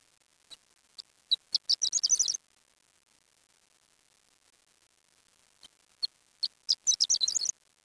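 Bird singing two high-pitched phrases, each starting with a few spaced sharp chirps and speeding into a fast twittering trill, separated by about three seconds of quiet.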